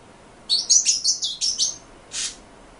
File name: suara pintailwydah omkicau